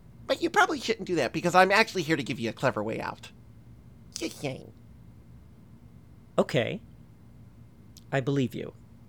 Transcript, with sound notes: but you probably shouldn't do that because I am actually here to give you a clever way out.
[Long Pause] Okay, I believe you.